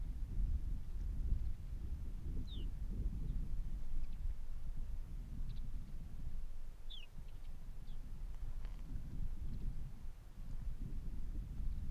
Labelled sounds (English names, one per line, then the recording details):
Arctic Fox
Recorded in the wild
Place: Insel Mednyi, Kommandeur-Inseln, RU
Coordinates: 54.5167, 168.083
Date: 1999-07-29 18:25
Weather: 10°C, dichter Nebel, schwacher Westwind
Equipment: Sony WM-D6C, Sennheiser ME 80, K 30 AV, Windkorb, Kopie Tascam DA 30
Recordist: Jakupi, Antje
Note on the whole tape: Südosten der Insel, Haupttal, Bambusstange: Wechselbellen von einem Tier auf dem Sattel und einem Tier vom "Mt. Blanc". Von beiden Tieren zwei Bellstrophen nicht aufgezeichnet